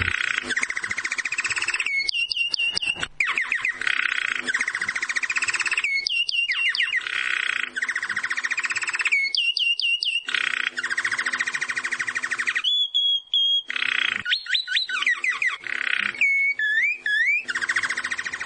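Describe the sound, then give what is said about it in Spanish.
Saffron finch song, loud and continuous: bright chirping phrases of rapid trills and rising, falling whistled slides, repeated with short pauses between bursts and no voices. “Bueno, con los sonidos de fondo del jilguero, este es el canto del jilguero”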